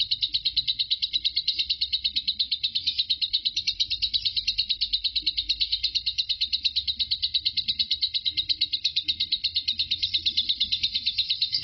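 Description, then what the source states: Lovebird giving a long, unbroken high chatter of rapid buzzy pulses, steady in pitch and rhythm, with no pauses throughout. Lovebird named Marco singing ngekek; the ngekek lasted 5 minutes 25 seconds.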